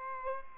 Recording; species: mosquito wingbeat signal from an infrared sensor; Aedes aegypti